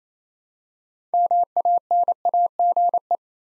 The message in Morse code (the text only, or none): MANAGE